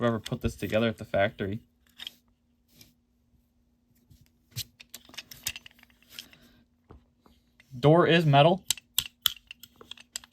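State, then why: Not seated. Someone talks while handling the opening metal door on a 2024 Matchbox Moving Parts Bizzarrini diecast toy car, with small sharp ticks and taps between the speech. The door has not yet snapped shut; nothing has seated or clicked into place yet.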